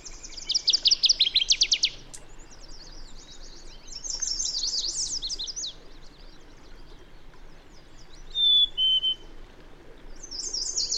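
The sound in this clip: Bird song: a rapid high trill opens, dense chattering phrases follow, two pure whistles sound near the end, and a buzzy phrase closes.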